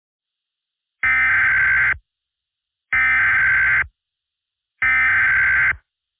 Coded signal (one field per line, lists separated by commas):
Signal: Emergency Alert System (SAME) tones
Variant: header bursts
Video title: The World on Notice: Remastered (EAS Scenario)